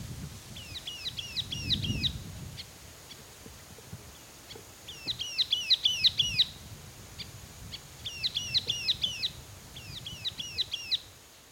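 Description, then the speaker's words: Sultan tit song: bursts of rapid, ringing, trilled phrases repeated in several bouts a few seconds apart, over a low, steady background hum. Singing and calling in rainforest of northern Vietnam. "Well, here's a sultan tit singing and calling in the rainforests of northern Vietnam."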